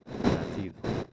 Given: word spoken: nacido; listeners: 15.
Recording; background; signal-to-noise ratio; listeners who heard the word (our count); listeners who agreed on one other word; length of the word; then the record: one Spanish word in noise, from a listening test; noise modulated by one talker; -8.0 dB; 0 of 15; 6 of 15; 0.72 s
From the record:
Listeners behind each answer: 6, 4, 1, 1, 1, 1, 1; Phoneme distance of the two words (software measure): 20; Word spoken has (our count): 3 syllables, 6 phonemes, stress on syllable 2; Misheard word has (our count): 3 syllables, 6 phonemes, stress on syllable 2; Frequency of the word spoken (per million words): 48.36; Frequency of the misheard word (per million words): 3.91